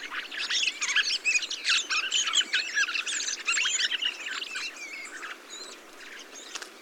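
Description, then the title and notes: Thrush flock calling together, a busy tangle of high squeaky chirps that gradually eases toward the end. 22 November 2020, Montagne du Puy, Drôme; large mixed flock of mistle thrushes, song thrushes, redwings, fieldfares and some blackbirds feeding on abundant berries under blue sky, jointly watching for sparrowhawk and goshawk; Nagra Seven, Telinga parabola. "POT-POURRI DE GRIVES. 22 novembre 2020-Montagne du Puy - Drôme. Grives draine, musicienne, mauvis et litorne plus quelques merles"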